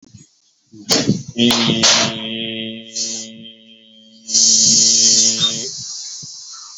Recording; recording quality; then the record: sustained vowel as in beet; moderate, slight background noise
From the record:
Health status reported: healthy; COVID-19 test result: negative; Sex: male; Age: 53 years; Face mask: not worn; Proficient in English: yes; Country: India